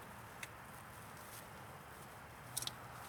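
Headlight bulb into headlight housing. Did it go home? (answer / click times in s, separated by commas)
yes / 2.6 s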